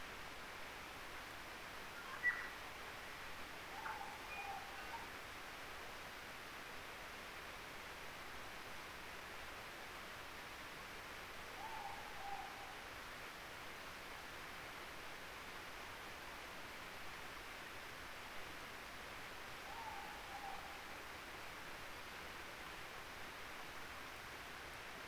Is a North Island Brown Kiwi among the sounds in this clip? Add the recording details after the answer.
no. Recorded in New Zealand on 3 December 2013. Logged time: 04:27. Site DF60